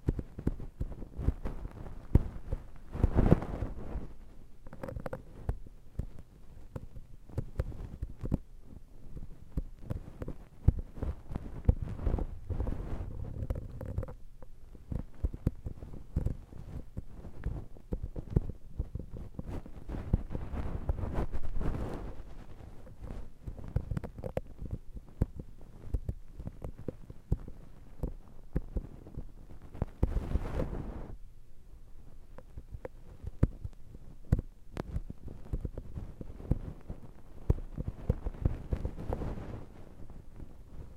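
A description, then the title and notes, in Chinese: An ear massage on the right side, heard as a continuous low rubbing and muffled thumping with dense, irregular scratchy crackles throughout. Louder swells of rubbing come around 3, 22, 30 and 39 seconds, and a faint hum surfaces briefly near 5 and 13 seconds. 耳內按摩 (右)。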